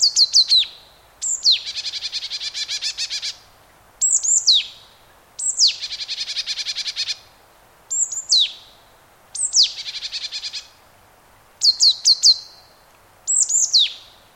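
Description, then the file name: Marsh tit giving sharp, high doubled notes, each followed by a buzzy, scolding run, repeated throughout. "Poecile palustris"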